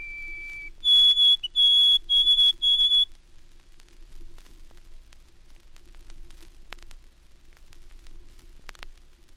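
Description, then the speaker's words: White-throated Sparrow song: one steady lower whistle, then four evenly spaced higher whistled notes, followed by quiet faint background. Summer neighbor of hermit and olive-backed thrushes; also heard on migration in the south. "A summer neighbor of the hermit and olive-backed thrushes is the white-throated sparrow. It can be heard also on migration in the south."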